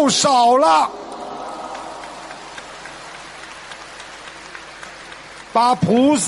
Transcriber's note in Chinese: 掌声